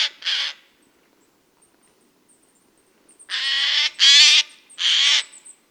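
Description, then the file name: Eurasian jay gives one rasping screech, then falls silent for about three seconds before three more harsh, grating calls follow close together. "Garrulus glandarius"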